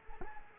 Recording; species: mosquito wingbeat signal from an infrared sensor; Culex quinquefasciatus